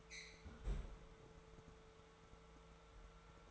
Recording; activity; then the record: daily activity, microphone in the room; close fridge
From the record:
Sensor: 3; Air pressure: 1014.9 hPa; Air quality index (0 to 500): 200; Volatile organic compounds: 28 ppm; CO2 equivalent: 2920 ppm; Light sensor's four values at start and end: 38/94/40/43 and 37/93/40/43